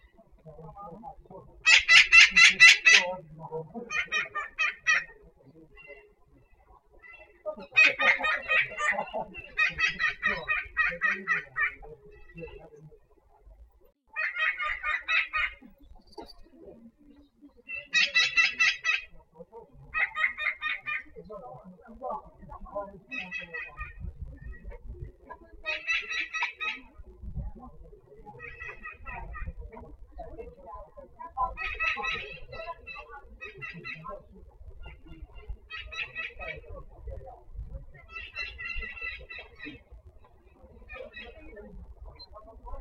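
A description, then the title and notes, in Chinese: Birds calling in a park: short, bright, rapidly chattering bursts repeat every two to four seconds, loudest near the start, then a little softer. A low, steady murmur with faint voices sits underneath throughout. 拉萨罗布林卡公园鸟叫。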